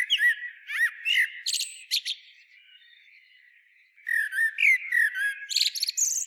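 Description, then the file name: Eurasian blackbird singing two phrases, each of low fluted warbles followed by a squeaky, chattering high twitter, with a short quiet gap between them. "Turdus merula"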